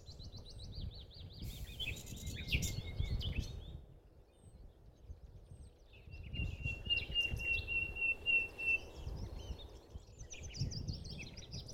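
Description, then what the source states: Common Nightingale song: rapid repeated notes and trills, a long pure whistled note held about three seconds, then varied phrases over low background noise. Two nightingales singing against each other, one on each side of a path, competing; morning at Meijendel, Wassenaar, Netherlands; recorded close by with a small recorder.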